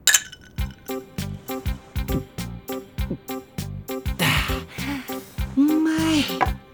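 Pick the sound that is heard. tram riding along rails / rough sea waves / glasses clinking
glasses clinking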